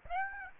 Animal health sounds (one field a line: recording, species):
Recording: mosquito wingbeat signal from an infrared sensor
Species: Aedes aegypti